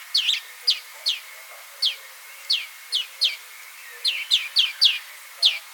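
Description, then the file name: European greenfinch calls: bright, downward-slurred chirps, spaced at first and then bunched into a quick run of notes near the end. "Chloris chloris"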